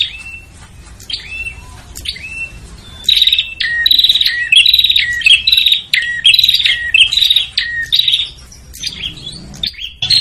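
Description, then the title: Prinia calls: a few soft whistled slurs, then from about three seconds a dense string of harsh, buzzy metallic notes. Noisy prinia calls used as a lure to attract prinias, including red-headed and visiting birds. "Suara Prenjak Ribut Buat Pikat Burung Prenjak Kepala Merah Prenjak Tamu"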